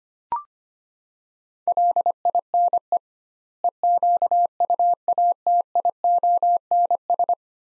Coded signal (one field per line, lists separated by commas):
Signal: Morse code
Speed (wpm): 25 wpm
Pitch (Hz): 700 Hz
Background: none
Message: LINE EQUATIONS